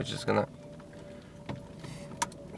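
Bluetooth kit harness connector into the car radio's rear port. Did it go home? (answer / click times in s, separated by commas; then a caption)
yes / 2.2 s. A Bluetooth kit harness plug for a 2006–2012 Toyota RAV4 is pushed into the empty port on the back of the pulled-out car radio while someone talks. A sharp click at 2.2 seconds shows the connector has seated in the radio port.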